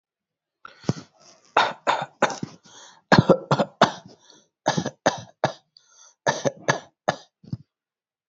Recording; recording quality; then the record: shallow voluntary cough; excellent, no background noise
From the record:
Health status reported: healthy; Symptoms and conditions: none ticked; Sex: male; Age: 42 years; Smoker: not ticked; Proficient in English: yes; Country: India